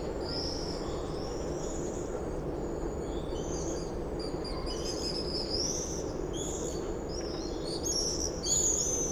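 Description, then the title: Common swift screams, many shrill high-pitched shrieks overlapping from several birds, growing denser and louder toward the end, over a low steady hum. Summer evening in a backyard in Bytom, Poland; many swifts circling; recorded with Zoom F4 and AT BP4025. "Zygmunta Starego 3, Bytom, Poland - Backyard swifts"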